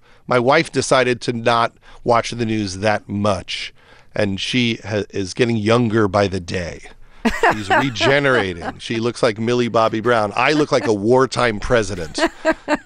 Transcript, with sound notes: My wife decided to not watch the news that much, and she is getting younger by the day.
(Laughter).
She's regenerating. She looks like Millie Bobby Brown; I look like a wartime president.